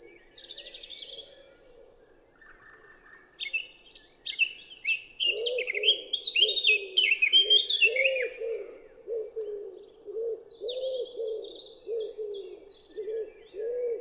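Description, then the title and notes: Eurasian blackcap song, a rich, tumbling warble that swells to a loud burst midway, while a wood pigeon coos in repeated low phrases. Recorded 10 April 2020 at Champs des Blas, Val Maravel, after dawn chorus; melodious song; wood pigeon cooing behind; distant car rumble, road over 5 km away; Nagra LB, stereo omni MKH20. "Fauvette à tête noire (Sylvia atricapilla). Champs des Blas - Val Maravel"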